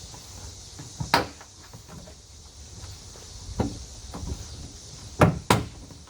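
The plastic trim panel's retaining clips are pushed in one by one into the car body panel around the tail light area of a Tesla Model 3, starting with the first clip. Sharp plastic snaps are heard at 1.1, 5.2 and 5.5 seconds, with a softer knock at 3.6 seconds. The clips snap home and are seated, which keeps the panel from rattling.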